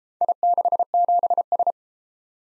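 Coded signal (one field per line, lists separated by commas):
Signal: Morse code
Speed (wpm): 30 wpm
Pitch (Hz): 700 Hz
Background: none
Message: I67S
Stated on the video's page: Morse practice of four-character letter-number groups, speed-racing format starting fast and slowing to 22 wpm base; fastest 1.5 times slowest, final repeat at maximum speed.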